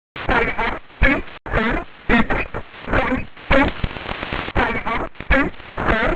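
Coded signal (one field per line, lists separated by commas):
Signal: numbers station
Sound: a voice reading short separate words at a steady pace over radio, about ten words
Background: radio static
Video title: 5411kHz 7/26/26 20:00:00 UTC Possible G12 Number Station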